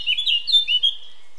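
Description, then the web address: Eurasian blackcap song, a quick run of scratchy then clear whistled warbling notes, ending abruptly. "SETE data Sylvia atricapilla"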